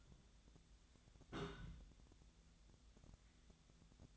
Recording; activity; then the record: daily activity, microphone in the room; place on stove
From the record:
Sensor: 3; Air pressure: 1010.0 hPa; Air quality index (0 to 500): 185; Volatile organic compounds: 13 ppm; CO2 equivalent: 2415 ppm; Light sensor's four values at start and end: 43/107/46/49 and 43/107/46/49